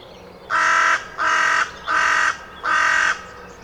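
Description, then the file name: Carrion crow calling four loud, rasping caws, each about half a second long, evenly spaced. "Corvus corone"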